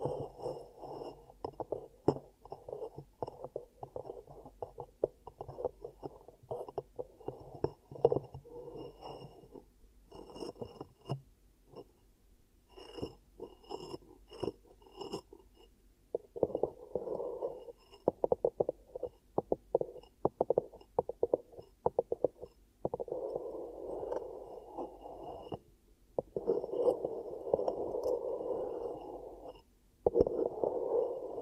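Ear cupping with soft muffled rubs and quick hollow pats, in dense clustered bursts, with longer muffled stretches near the end.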